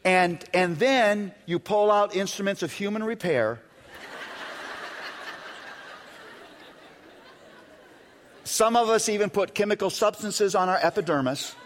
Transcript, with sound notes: And then you pull out instruments of human repair (laughter) —some of us even put chemical substances on our epidermis